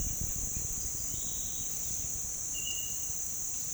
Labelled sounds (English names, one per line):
none